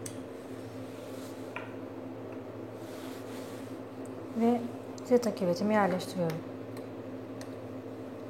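A zeta potential cuvette, a plastic folded capillary cell, is being placed into the cell holder of a particle size and zeta potential analyzer while someone talks. Brief handling taps come at about 0.1, 1.6 and 7.4 seconds over a steady low hum. Nothing has seated or clicked yet.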